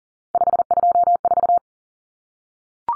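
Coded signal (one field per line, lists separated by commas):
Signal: Morse code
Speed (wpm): 37 wpm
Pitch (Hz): 700 Hz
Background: none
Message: 524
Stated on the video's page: Common three-digit cut numbers (T, A, N for 0, 1, 9) sent in Morse at 40wpm, each sent, spoken, then sent again for head-copy practice.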